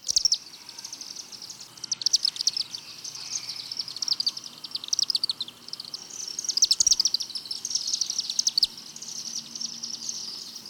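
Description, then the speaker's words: Chimney Swift calling: a continuous, high-pitched series of rapid chips and twitters, non-musical and nearly level in pitch, sometimes bunching into denser bursts. Call given in flight, a continuous non-musical series of chips and twitters varying little in pitch. "The call of the chimney swift, given in flight, is a continuous series of chips and twitters."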